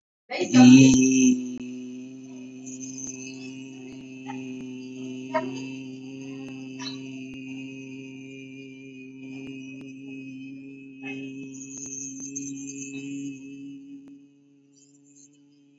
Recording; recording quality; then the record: sustained vowel as in beet; excellent, no background noise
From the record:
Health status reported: recovered from COVID-19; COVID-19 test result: positive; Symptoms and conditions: muscle pain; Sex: male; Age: 42 years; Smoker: not ticked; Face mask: not worn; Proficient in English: yes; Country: India